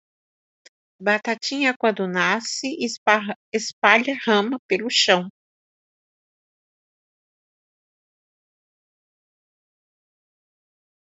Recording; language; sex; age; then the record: short text; Brazilian Portuguese; female; 60 to 69 years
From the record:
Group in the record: control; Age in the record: 60 years